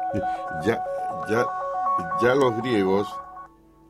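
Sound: telephone ringing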